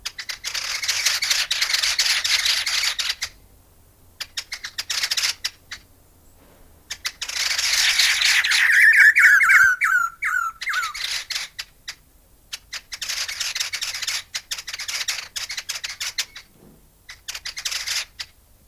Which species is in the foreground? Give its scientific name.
Garrulax strepitans